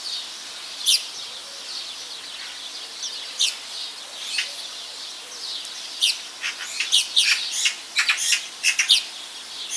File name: Pica pica